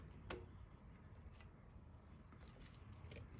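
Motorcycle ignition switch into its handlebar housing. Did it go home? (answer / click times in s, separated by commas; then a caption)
yes / 0.3 s. A motorcycle ignition switch is carefully inserted back into its housing in the handlebar area, in the same position it was in before. It seats with a sharp click at 0.3 s over low background noise, followed by a fainter tick near 3.2 s.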